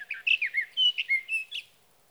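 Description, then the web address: Sage thrasher giving a short, hurried warble of slurred whistles and burry notes, roughly a second and a half long. "birdsongforthecurious Sage Thrasher"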